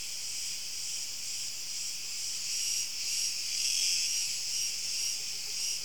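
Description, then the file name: Crickets chirping in a dense, continuous high-pitched chorus that swells and fades gently, with no other clear sounds. "Grillen"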